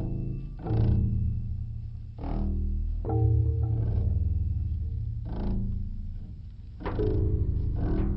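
Camel bellowing in long, low, throaty groans with rough gurgling bursts, sustained rumbling between them.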